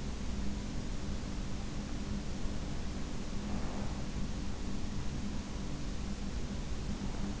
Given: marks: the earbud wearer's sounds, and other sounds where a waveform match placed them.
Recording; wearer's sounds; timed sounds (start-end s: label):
sounds in sleep by an in-ear microphone; breath
2.80-4.46 s: breath